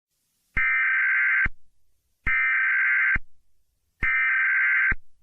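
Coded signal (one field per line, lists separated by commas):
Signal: Emergency Alert System (SAME) tones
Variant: header bursts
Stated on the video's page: Fake EAS scenario, a remake of an earlier mock.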